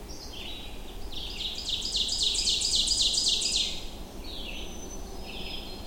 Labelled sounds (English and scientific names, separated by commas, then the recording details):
Ovenbird (Seiurus aurocapilla) song
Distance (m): 15 m
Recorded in boreal forest in Alberta, Canada, on 25 June 2016 at 07:14
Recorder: SongMeter 3, array SBT-6-76
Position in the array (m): 15 m, 116 m
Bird 2